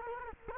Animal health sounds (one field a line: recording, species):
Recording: mosquito wingbeat signal from an infrared sensor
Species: Culex quinquefasciatus